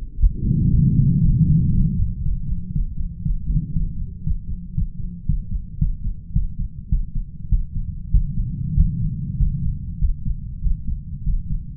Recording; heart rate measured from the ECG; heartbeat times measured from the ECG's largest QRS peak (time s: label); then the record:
heart sounds by stethoscope; 109 bpm
0.18 s: heartbeat
0.70 s: heartbeat
1.21 s: heartbeat
1.71 s: heartbeat
2.22 s: heartbeat
2.72 s: heartbeat
3.21 s: heartbeat
3.72 s: heartbeat
4.23 s: heartbeat
4.74 s: heartbeat
5.26 s: heartbeat
5.78 s: heartbeat
6.33 s: heartbeat
6.89 s: heartbeat
7.49 s: heartbeat
8.11 s: heartbeat
8.74 s: heartbeat
9.37 s: heartbeat
9.99 s: heartbeat
10.61 s: heartbeat
11.23 s: heartbeat
From the record:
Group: healthy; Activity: cold pressor test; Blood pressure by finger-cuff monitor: 121/69 mmHg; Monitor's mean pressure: 94 mmHg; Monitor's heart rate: 118 bpm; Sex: male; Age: 33 years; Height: 179 cm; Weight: 80.4 kg